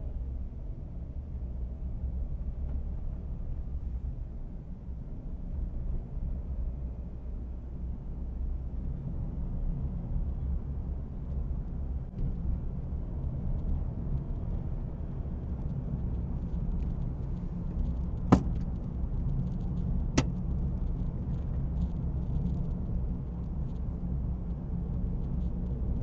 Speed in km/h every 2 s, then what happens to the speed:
15, 19, 22, 25, 30, 32, 35, 37, 39, 40, 41, 41, 42.
0-22 speeds up to 41.